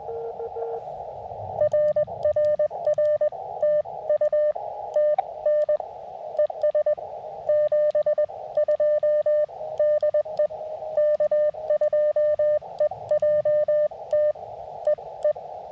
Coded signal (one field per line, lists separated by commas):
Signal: Morse code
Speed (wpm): 20 wpm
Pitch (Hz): 590 Hz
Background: radio noise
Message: RRR TU TN ES 72 DE K2EJT E E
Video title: CW QRP POTA with the Elecraft KX2 and Tufteln Random Wire Antenna